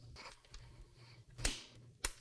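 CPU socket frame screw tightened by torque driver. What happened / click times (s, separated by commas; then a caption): Torque screwdriver clicks at its set limit / 2.1 s. A torque screwdriver is turned on screw number 2 of the CPU socket frame on a used X399 Taichi motherboard. Faint handling noise leads to a sharp tick at about 1.5 s, then a crisp, louder click at 2.1 s as the driver reaches its torque setting and the screw is tightened.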